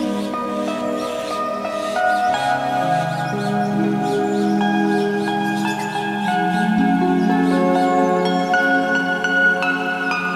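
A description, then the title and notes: Harp notes ring out one after another, each left to sustain and blend into a warm, overlapping wash of tones. The melody moves steadily through middle and low pitches at an unhurried pace. The volume stays even throughout, with bright, bell-like overtones shimmering above. To finish, a tropical harp soundscape in a rainforest.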